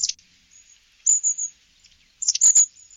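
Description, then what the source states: Long-tailed tit calls: very high, thin notes in three short bursts, the last with sharp ticks. Played back as a quiz example.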